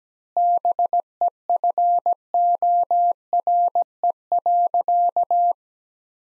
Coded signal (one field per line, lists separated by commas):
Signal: Morse code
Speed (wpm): 17 wpm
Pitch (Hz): 700 Hz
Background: none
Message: BEFORE.